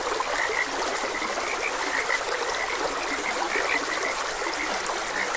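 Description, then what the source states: A chorus of frogs keeps up rapid, overlapping croaks while a stream flows constantly underneath. Frogs croaking beside a gentle stream.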